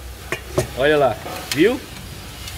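On a 2001 Toyota Hilux 2.8, the two clips on the air filter housing cover of the engine air box are closed so both sit flat, with sharp snaps at 0.3 s and 0.6 s. After the snaps, someone talks. Both clips are confirmed seated and fitted.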